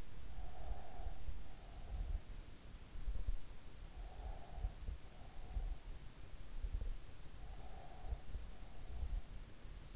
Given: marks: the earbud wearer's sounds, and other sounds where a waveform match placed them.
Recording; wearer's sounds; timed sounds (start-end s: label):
sounds in sleep by an in-ear microphone; breath
0.00-1.81 s: breath
3.77-5.42 s: breath
7.32-8.73 s: breath